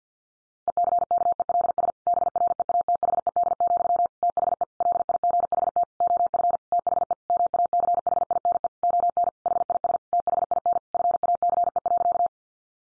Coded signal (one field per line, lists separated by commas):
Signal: Morse code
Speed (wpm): 50 wpm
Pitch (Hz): 700 Hz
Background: none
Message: ECKELS BREATHED, THE LIGHT OF THE MACHINE ON HIS THIN FACE.